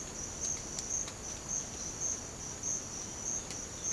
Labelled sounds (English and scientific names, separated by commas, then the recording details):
none
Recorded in secondary vegetation near Puerto Asís, Putumayo, Colombia, on 30 June 2025 at 07:00
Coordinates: 0.500, -76.326
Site GP08